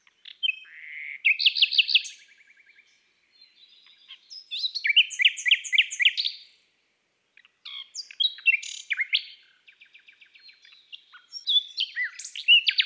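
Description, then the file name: Common nightingale singing three varied phrases of rapid rich notes and rattles, separated by short pauses. "Rossignol philomele Chants doiseaux des bois et des forets"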